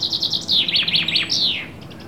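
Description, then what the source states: Bird chirping loudly, a quick run of high, sharp notes followed by a longer slurred note that drops in pitch, over faint background hum. Birds calling on a summer afternoon in the countryside.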